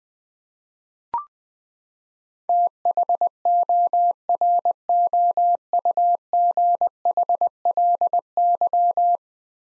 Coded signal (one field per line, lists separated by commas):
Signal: Morse code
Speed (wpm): 20 wpm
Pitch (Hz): 700 Hz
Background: none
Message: THOROUGHLY